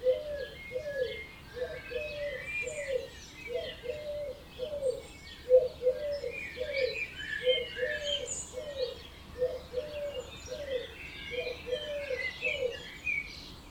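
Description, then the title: Birds in a dawn chorus, steady low cooing phrases repeating throughout, layered with many high chirping and warbling songs. Dawn chorus recorded at 4am in Oberhofen, Inntal, Austria; binaural recording. "Birds Oberhofen Inntal Austria - 4am - binaural version"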